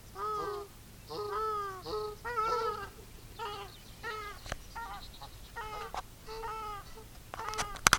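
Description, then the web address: Grey-headed shelduck giving a series of nasal honking calls, with sharp clicks near the end. "chant xeno-canto tadorne a tete grise"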